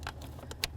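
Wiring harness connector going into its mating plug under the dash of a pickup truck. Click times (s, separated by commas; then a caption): 0.6 s. A wiring harness connector behind the lower dash shield of a 1994–2004 Chevy S-10 pickup truck is plugged back into its mating plug under the dash. A few faint plastic ticks at 0.1, 0.2 and 0.5 seconds lead up to a sharp, bright click at 0.6 seconds as the connector seats and clicks in.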